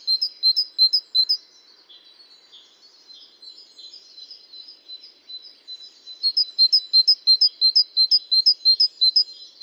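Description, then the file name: Great tit calls: bursts of sharp, high chirping notes repeated rapidly, a quieter twittering stretch between, then another rapid chirping run. "Parus major"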